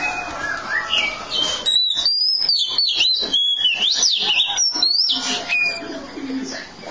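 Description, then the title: Oriental magpie-robin delivering a sweet whistled song that climbs and dips rapidly, underlaid by quick ticking notes. "Kacer"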